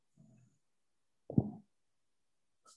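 A faint low rumble, then a much louder, rough, pig-like snort lasting about a third of a second, both low-pitched breathing sounds from a sleeping dog. This is loud dog snoring: noisy airflow through the nose and throat during sleep.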